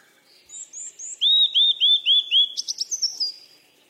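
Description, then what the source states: Bird song: soft high notes lead into a run of loud, evenly spaced downslurred whistles, then a quick buzzy trill and a thin trailing whistle. Birds playing.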